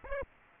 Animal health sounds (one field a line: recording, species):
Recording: mosquito wingbeat signal from an infrared sensor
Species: Aedes aegypti